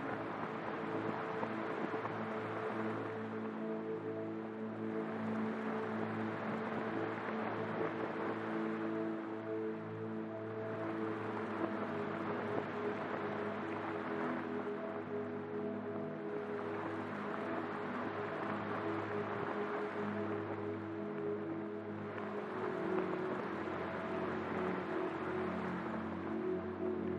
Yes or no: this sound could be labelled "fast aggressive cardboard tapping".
no